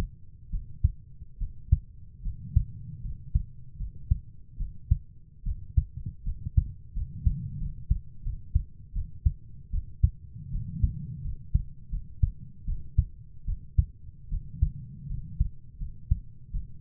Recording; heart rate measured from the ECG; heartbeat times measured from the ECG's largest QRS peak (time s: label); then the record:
heart sounds by stethoscope; 79 bpm
0.51 s: heartbeat
1.39 s: heartbeat
2.24 s: heartbeat
3.03 s: heartbeat
3.78 s: heartbeat
4.58 s: heartbeat
5.44 s: heartbeat
6.25 s: heartbeat
6.94 s: heartbeat
7.60 s: heartbeat
8.24 s: heartbeat
8.94 s: heartbeat
9.72 s: heartbeat
10.52 s: heartbeat
11.23 s: heartbeat
11.91 s: heartbeat
12.66 s: heartbeat
13.46 s: heartbeat
14.30 s: heartbeat
15.09 s: heartbeat
15.79 s: heartbeat
16.52 s: heartbeat
From the record:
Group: healthy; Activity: rest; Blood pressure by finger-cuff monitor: 107/58 mmHg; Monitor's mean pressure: 75 mmHg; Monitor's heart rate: 76 bpm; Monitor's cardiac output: 7.3 L/min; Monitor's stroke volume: 94 mL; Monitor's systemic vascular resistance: 720 dyn s/cm5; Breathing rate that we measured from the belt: 15 breaths a minute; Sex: female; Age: 22 years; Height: 160 cm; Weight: 63 kg